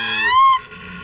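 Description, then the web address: Elk call: one clear harmonic whistled note that rises slightly and holds for about half a second before cutting off. Wild elk in Alaska. "soundswild elk in alaska"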